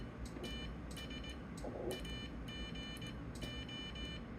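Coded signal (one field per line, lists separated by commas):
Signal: Morse code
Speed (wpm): 18 wpm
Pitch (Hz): 3000 Hz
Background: none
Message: TS AGO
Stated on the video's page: CW contact on a Flex 1500, keyed with a WinKeyer.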